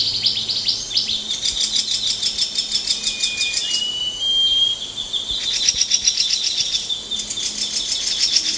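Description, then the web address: Scaly-crowned babbler calls: high thin whistles and fast chattering note series, some rising and falling, repeated in bursts, with a steady high hiss behind. "SGWAIN. scaly-crowned babbler"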